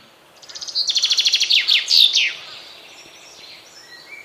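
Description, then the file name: Common chaffinch song, a rapid run of repeated high notes ending in a sharp flourish, followed by faint chirps. "Fringilla coelebs"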